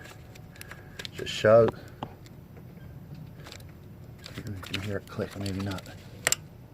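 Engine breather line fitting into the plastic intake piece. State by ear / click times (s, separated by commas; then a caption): seated / 6.3 s. A breather line is shoved back onto the grey plastic piece on the intake while a throttle body is reassembled, with someone talking and small handling clicks and rustles throughout. A sharp, loud click at 6.3 s, with a second close behind it, shows the breather line connector seating firmly into place.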